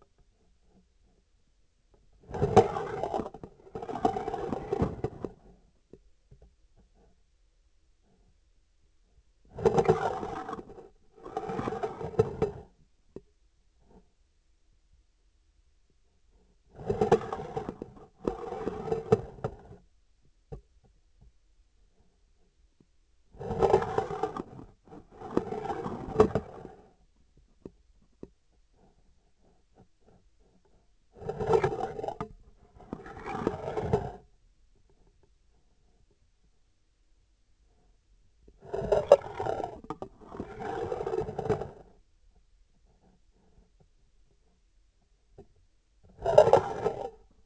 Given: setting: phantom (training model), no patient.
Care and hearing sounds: laparoscopic instrument, vibration sensor on the handle end; scissors; approaching and retracting movements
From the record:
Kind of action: spatial motion

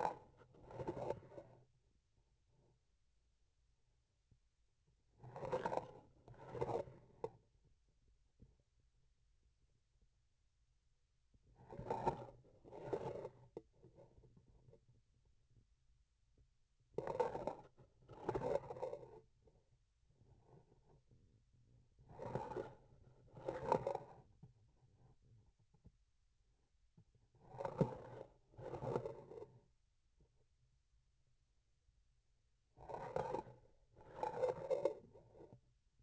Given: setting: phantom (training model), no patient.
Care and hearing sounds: laparoscopic instrument, vibration sensor on the handle end; grasping forceps; approaching and retracting movements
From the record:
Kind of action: spatial motion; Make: other than Olympus

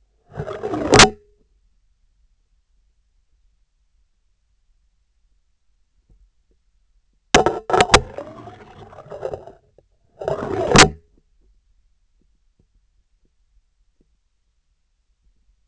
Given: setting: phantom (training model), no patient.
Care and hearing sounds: laparoscopic instrument, vibration sensor on the handle end; scissors; insertion and removal through the trocar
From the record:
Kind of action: spatial motion

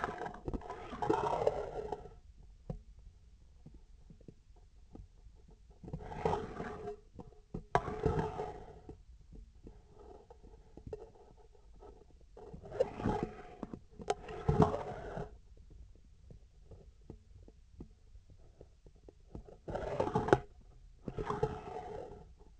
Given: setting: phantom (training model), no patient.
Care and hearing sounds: laparoscopic instrument, vibration sensor on the handle end; scissors; approaching and retracting movements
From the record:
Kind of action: spatial motion

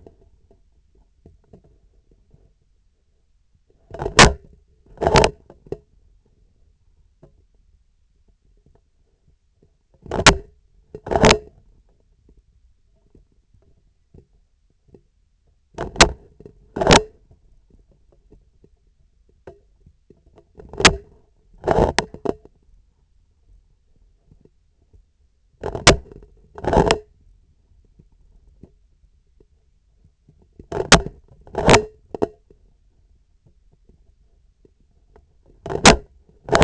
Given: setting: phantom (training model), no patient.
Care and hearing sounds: laparoscopic instrument, vibration sensor on the handle end; scissors; opening and closing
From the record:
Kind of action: tool actuation without material contact

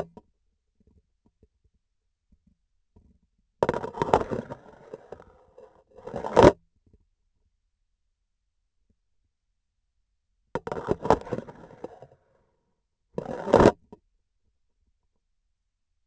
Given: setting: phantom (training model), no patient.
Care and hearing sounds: laparoscopic instrument, vibration sensor on the handle end; grasping forceps; insertion and removal through the trocar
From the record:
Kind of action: spatial motion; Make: other than Olympus

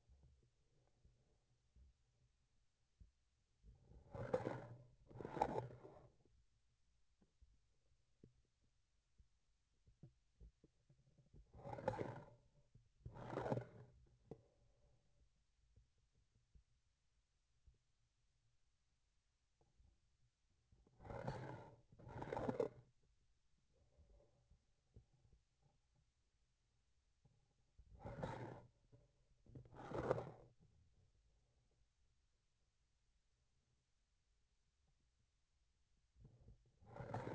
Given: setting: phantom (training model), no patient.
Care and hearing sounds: laparoscopic instrument, vibration sensor on the handle end; grasping forceps; approaching and retracting movements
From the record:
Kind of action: spatial motion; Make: other than Olympus

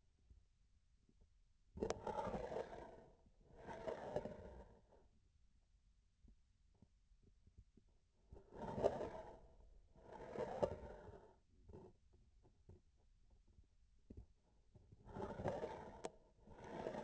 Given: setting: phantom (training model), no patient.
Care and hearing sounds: laparoscopic instrument, vibration sensor on the handle end; grasping forceps; approaching and retracting movements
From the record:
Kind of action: spatial motion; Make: other than Olympus

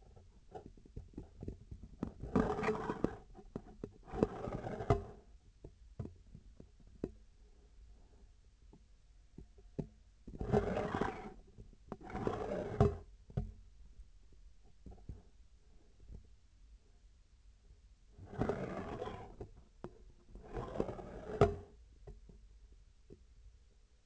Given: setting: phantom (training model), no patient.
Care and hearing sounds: laparoscopic instrument, vibration sensor on the handle end; scissors; approaching and retracting movements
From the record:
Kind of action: spatial motion

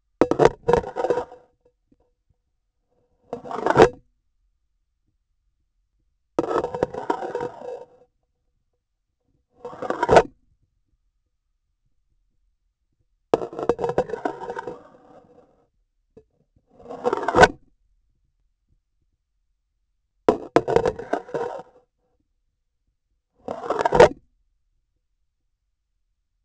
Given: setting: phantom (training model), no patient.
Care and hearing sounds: laparoscopic instrument, vibration sensor on the handle end; grasping forceps; insertion and removal through the trocar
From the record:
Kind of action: spatial motion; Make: Olympus

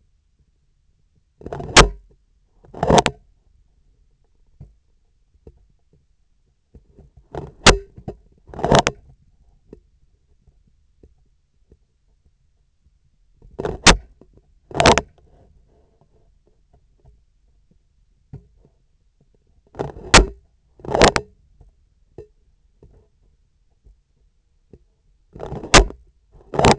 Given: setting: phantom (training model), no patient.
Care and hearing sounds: laparoscopic instrument, vibration sensor on the handle end; scissors; opening and closing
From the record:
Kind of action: tool actuation without material contact

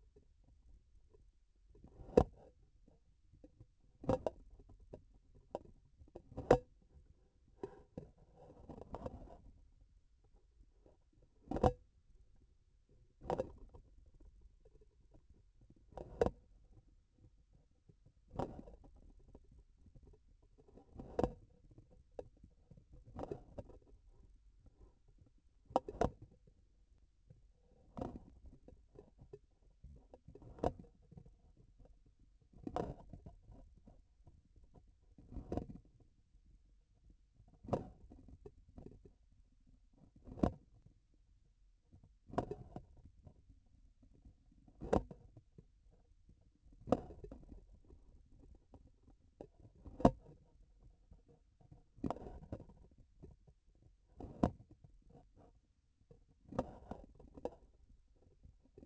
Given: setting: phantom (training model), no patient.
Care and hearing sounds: laparoscopic instrument, vibration sensor on the handle end; grasping forceps; opening and closing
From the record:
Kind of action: tool actuation without material contact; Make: Olympus

